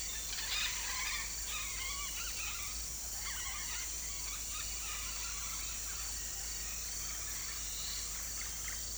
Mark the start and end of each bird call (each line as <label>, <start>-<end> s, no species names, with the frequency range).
bird call (0.5-5.7 kHz), 0.00-2.76 s
bird call (0.6-5.0 kHz), 3.25-5.48 s